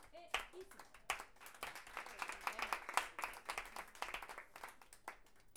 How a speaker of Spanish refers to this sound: Un aplauso para... ¡Bravo!